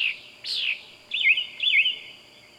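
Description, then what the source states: Bird calling: a few short chirps with pauses between them. Bird calling at night.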